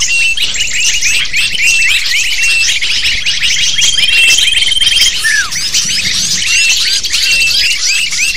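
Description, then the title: Lovebirds twittering as a flock, rapid high-pitched chirps and squeaks in a steady stream, one clear falling note partway through. Calls used as a lure (pikat) to attract lovebirds. "PIKAT BURUNG LOVEBIRD"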